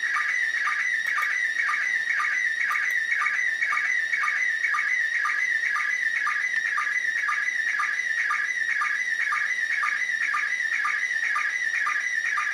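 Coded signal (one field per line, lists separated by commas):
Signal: SSTV (slow-scan television)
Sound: warbling, chirping tone scanning steadily, with a short low sync blip about twice per second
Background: radio hiss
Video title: Perception SSTV (2m) SDR Lapwing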